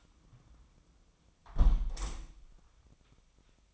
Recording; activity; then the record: daily activity, microphone in the room; close window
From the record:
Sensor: 1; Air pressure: 1004.6 hPa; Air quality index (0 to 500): 105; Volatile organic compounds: 3 ppm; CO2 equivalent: 1438 ppm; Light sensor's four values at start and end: 8/19/7/8 and 7/18/7/7